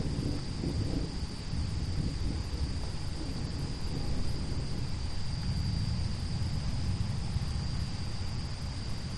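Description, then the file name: Insect chorus holding one steady high-pitched whine throughout, partly masked by loud, gusty low-frequency wind. Night recording as a thunderstorm approaches. "zapsplat nature thunderstorm approach insects"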